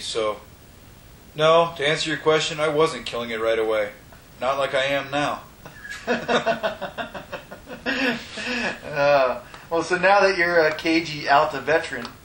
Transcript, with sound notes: So no, to answer your question. I wasn't killing it right away. Not like I am now.
[Laughter] So now that you're a cagey Alta veteran,